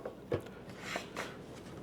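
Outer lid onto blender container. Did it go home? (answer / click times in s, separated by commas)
no / none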